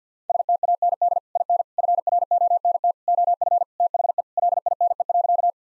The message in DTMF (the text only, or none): none